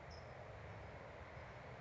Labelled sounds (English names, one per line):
California Towhee